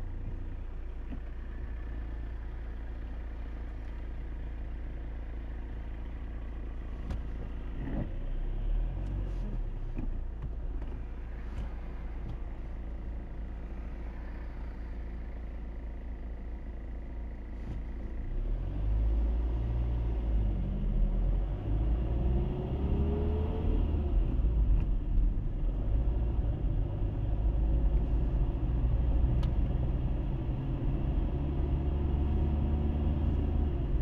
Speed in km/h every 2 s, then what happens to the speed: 0, 0, 0, 0, 0, 0, 0, 0, 0, 0, 0, 20, 20, 24, 29, 32, 35.
0-19 standing. 19-22 pulls away to 20. 25-34 speeds up to 35.